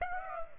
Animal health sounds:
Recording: mosquito wingbeat signal from an infrared sensor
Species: Aedes aegypti

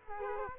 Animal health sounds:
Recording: mosquito wingbeat signal from an infrared sensor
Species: Culex quinquefasciatus

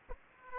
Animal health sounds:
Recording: mosquito wingbeat signal from an infrared sensor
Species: Aedes aegypti

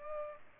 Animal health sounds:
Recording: mosquito wingbeat signal from an infrared sensor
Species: Culex pipiens

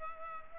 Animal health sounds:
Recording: mosquito wingbeat signal from an infrared sensor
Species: Culex pipiens

